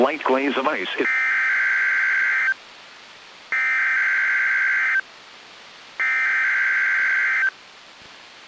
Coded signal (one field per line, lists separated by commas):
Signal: Emergency Alert System (SAME) tones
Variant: header bursts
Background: speech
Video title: NOAA Weather Radio - Weekly EAS Test - 1/3/18